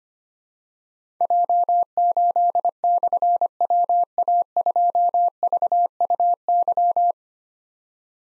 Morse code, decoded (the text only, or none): J8/WA2VUY